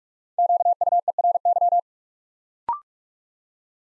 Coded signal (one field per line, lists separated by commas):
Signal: Morse code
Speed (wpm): 44 wpm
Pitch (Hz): 700 Hz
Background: none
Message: QUERY